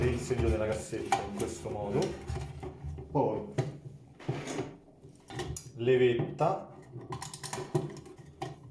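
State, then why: Not seated. Someone talks while handling the plastic lever of the flush valve assembly in a Geberit concealed toilet cistern during reassembly, with brief knocks and taps around 3.6 s, 5.6 s and 7.2–7.8 s. Nothing has seated or clicked yet by the end.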